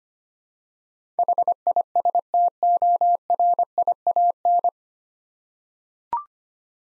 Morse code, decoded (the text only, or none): HISTORIAN